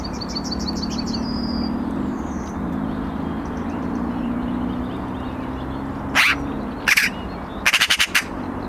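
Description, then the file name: Eurasian magpie calls: two single harsh rasping notes, then a quick stuttering rattle of several notes near the end, after a stretch of other birds' twittering song and low rumble. "Pica pica"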